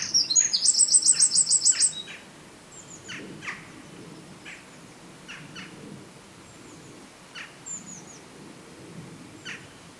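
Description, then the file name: Eurasian wren song: a loud, rapid burst of very high, chattering notes lasting about two seconds, followed by scattered short calls. "Troglodytes troglodytes"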